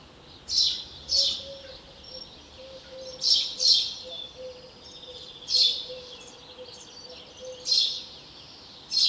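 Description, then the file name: House sparrow chirps, bright notes, some given in pairs, repeated every two to three seconds. "Passer domesticus"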